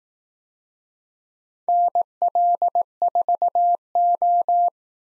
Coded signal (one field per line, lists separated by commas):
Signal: Morse code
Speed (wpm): 18 wpm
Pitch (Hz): 700 Hz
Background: none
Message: NL4O